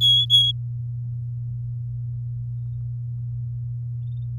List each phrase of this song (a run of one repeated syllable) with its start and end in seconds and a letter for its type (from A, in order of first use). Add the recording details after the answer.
0.01-0.52 A. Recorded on 9 May 2018 at 13:43. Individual llb16